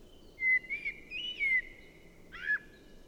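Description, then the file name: Common blackbird singing: a drawn-out fluty whistle with a small warble in the middle, then a short scratchy high flourish, over a faint steady background hiss. "Turdus merula"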